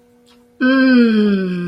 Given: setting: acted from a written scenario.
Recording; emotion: vocal sound without words; contentment